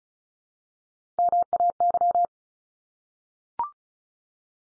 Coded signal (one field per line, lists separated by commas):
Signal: Morse code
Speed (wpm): 34 wpm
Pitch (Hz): 700 Hz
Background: none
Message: MAY